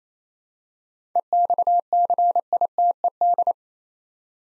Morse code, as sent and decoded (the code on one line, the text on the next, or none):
. -..- -.-. .. - . -..
EXCITED